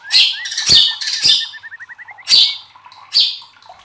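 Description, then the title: White-rumped shama song: sharp loud notes broken by a fast string of short rising whistles, then two more sharp bursts and soft chatter. Masteran training recording for caged birds of murai batu, labaik style. "MASTERAN MURAI BATU LABAIK"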